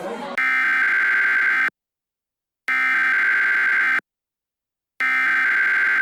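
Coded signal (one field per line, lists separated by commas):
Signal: Emergency Alert System (SAME) tones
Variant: header bursts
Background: speech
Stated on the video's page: Fictional hypothetical EAS scenario with simulated alert tones.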